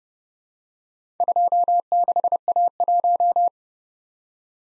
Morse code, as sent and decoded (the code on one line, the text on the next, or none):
..--- -.... .- .----
26A1